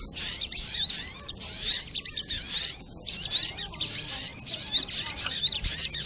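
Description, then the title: Sogok ontong song: high, thin, twittering phrases with quick up-slurred notes, delivered in short bursts with brief pauses, over faint background hiss. Masteran (training recording for cage birds), Labaik variant. "Masteran Burung Sogok Ontong Labaik"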